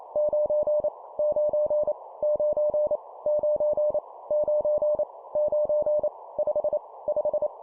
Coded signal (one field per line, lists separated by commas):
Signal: Morse code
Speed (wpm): 28 wpm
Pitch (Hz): 600 Hz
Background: none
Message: 9 9 9 9 9 9 5 5